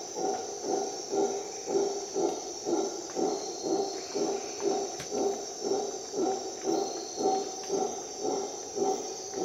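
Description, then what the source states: Howler monkey calls, deep rough pulses repeated evenly about twice a second, against a constant high insect drone. Recorded at dawn in the jungle of Costa Rica during an expedition.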